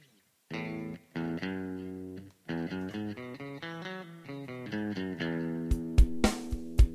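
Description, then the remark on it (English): A clean electric guitar, played without a distortion pedal, plays a run of ringing chords and notes, some held and some quick, ending with a few sharp percussive string slaps. No one speaks. “Okay, this is without pedal.”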